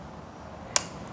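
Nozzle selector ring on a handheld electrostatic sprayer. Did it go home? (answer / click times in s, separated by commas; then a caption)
yes / 0.8 s. Someone rotates the plastic nozzle/jet selector ring on a handheld Victory electrostatic sprayer, because the jets seemed stuck between positions, until it clicks into a detent position. A single sharp, bright click sounds at 0.8 s over a quiet background, followed by a much fainter tick at 1.1 s. The selector is seated in position.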